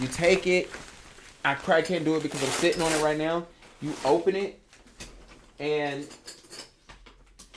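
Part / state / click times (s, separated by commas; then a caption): collapsible parabolic softbox frame locking open / seated / 7.4 s. A collapsible parabolic softbox frame is opened while someone talks, with a few faint ticks and rustles as it unfolds. Its ribs snap and lock into the open position with a sharp click at 7.4 s, leaving the frame seated and ready to use.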